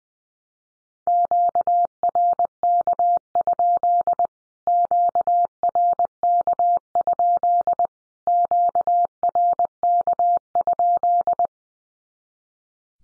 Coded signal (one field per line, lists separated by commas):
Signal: Morse code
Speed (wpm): 20 wpm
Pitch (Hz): 700 Hz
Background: none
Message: QRK? QRK? QRK?